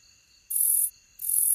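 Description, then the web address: Robust shieldback song: two harsh, buzzy bursts, each lasting about 0.4 seconds and separated by a short gap, over faint steady high tones. Recorded in North America. "Songs of Insects 59-Robust Shieldback"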